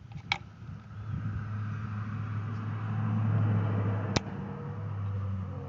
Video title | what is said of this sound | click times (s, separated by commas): How to change coil ignition and spark plugs on a 2017 Chevy Spark | righty i heard it click back in place | 0.3 s